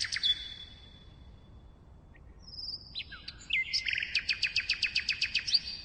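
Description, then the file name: Common nightingale singing: a high whistle, mixed chattering notes, then a fast rhythmic series of sharp repeated notes at the end. "Nachtigall"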